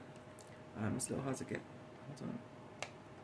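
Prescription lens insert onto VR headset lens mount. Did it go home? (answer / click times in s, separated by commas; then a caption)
yes / 2.8 s. A right prescription lens insert in a plastic frame is pushed onto the lens mount of a VR Rock-fitted Varjo Aero headset while someone talks. A sharp click at 2.8 s marks the insert seating, a nice little click that is not too hard.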